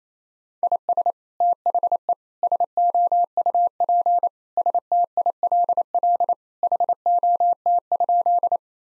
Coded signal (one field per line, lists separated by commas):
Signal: Morse code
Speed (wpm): 28 wpm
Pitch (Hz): 700 Hz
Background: none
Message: IS THE SOUP STILL HOT?